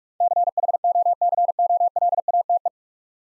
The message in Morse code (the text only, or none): CHOCOLATE